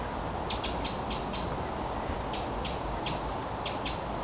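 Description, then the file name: Eurasian wren calling with hard, high ticks, a run of five, a short pause, then more ticks at uneven intervals, against constant low hiss. "Troglodytes troglodytes"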